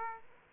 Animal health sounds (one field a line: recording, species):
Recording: mosquito wingbeat signal from an infrared sensor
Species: Aedes aegypti